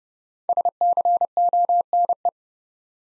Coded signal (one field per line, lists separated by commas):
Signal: Morse code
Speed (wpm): 30 wpm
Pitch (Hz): 700 Hz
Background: none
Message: SCONE